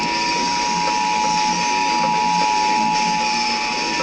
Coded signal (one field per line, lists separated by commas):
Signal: Emergency Alert System (SAME) tones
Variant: 853 and 960 Hz attention tone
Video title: EAS ALERT TONE CHOKES ON VISIONS